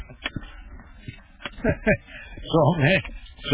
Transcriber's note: laughter